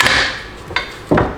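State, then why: Seated. A rear (inner) StopTech brake pad is pushed into the brake caliper of a BMW E92 M3 during a front brake pad install. Its retaining clip snaps into place with a sharp click at 0.8 s, followed by further knocks around 1.1–1.2 s. The pad is seated.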